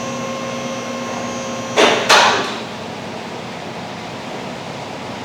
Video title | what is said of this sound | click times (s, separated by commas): 2016 Kia Optima Oil Pressure Sensor Replacement DIY | for the entrance and make sure it clicks in. | 2.1 s